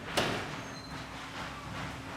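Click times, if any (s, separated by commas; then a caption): 0.2 s. A steel standing-seam roof panel is brought over the top of the previous panel, which is screwed down through its slots, and pressed down onto the seam. A single sharp snap sounds at 0.2 s, followed by a steady low hum and faint background noise. The panel snaps into place and is seated.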